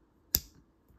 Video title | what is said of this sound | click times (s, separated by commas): Review of 2006 Case Old Red Bone Barlow Legends Knife (620091/2) | hear that good snap. | 0.4 s